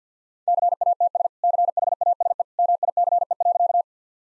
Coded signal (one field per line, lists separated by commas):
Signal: Morse code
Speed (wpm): 50 wpm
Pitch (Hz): 700 Hz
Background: none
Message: CATS CHASE MICE.